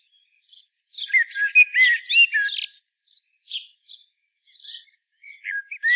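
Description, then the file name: Common blackbird delivering a single warbled phrase of fluty notes ending in a high squeak, followed by a few faint chirps. "Turdus merula"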